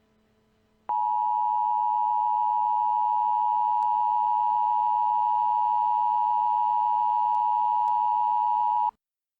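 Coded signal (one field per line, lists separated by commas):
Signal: Emergency Alert System (SAME) tones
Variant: 853 and 960 Hz attention tone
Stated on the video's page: Fictional EAS scenario, not a real alert.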